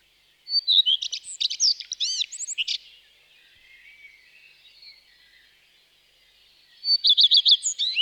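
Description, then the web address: Common redstart song: a burst of varied high, twittering phrases, a quiet gap with faint bird sounds, then a quick series of repeated high notes. "IVN Zangvogels. Gekraagde roodstaart"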